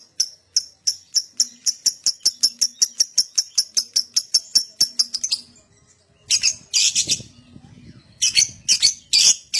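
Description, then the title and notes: Lovebird song opening with a steady rapid train of high ticking chirps, then harsh, noisy bursts of shrieking chatter. Adult lovebird, gacor (in full, steady song), owor owor style. "LOVEBIRD GACOR OWOR OWOR. Lovebird Dewasa"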